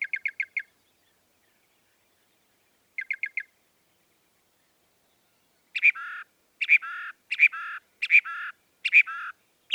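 Northern mockingbird song: two quick bursts of four short ticks, a pause, then a series of harsher squawky phrases in quick succession.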